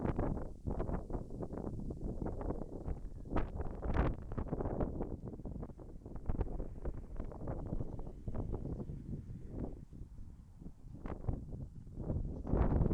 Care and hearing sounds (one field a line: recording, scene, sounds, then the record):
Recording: everyday scene through a hearing-aid microphone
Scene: wind on the microphone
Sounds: wind, traffic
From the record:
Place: in front of a rural house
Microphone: behind the ear, left, front